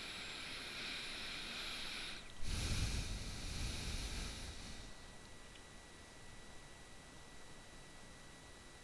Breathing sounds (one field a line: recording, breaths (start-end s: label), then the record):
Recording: nose breathing near a microphone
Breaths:
0.00-2.43 s: inhalation
2.43-5.50 s: exhalation
From the record:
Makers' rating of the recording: bad